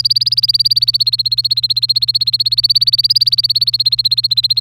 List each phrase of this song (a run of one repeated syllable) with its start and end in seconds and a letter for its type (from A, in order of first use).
0.00-4.60 A